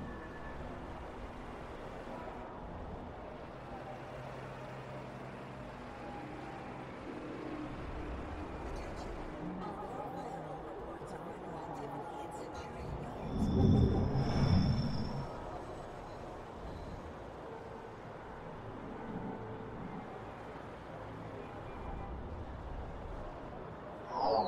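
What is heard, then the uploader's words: A futuristic city ambience of steady low traffic rumble runs throughout, with a dense murmur of mixed noises. Around fourteen seconds a louder whooshing pass swells with a high whine on top, and a sharp rising tone cuts in at the very end. Futuristic city ambience.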